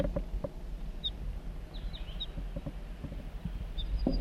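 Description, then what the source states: Crossbill calls, a few sparse high chips in small clusters, thin against steady low rumble and occasional knocks. Juvenile in flight, going off to join a wild male, on a hill with pitch pines.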